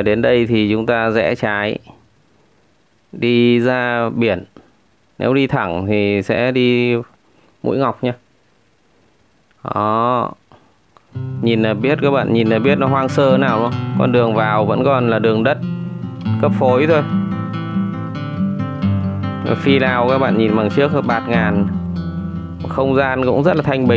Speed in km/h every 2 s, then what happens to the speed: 42, 38, 32, 19, 10, 11, 11, 11, 12, 12, 12, 11.
0-8 brakes to 10. 8-24 steady at about 11.